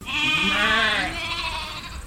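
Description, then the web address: Dorper sheep bleating: a drawn-out, wavering baa lasting about two seconds, strong at first and fading slightly toward the end, with low background hiss. A group of Dorper sheep baaing. "Sound Effects-Foundation 1 ANIMAL SHEEP DORPER GROUP BAA"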